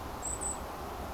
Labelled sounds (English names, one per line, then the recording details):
Goldcrest
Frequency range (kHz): Goldcrest 7.4-9.1 kHz
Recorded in France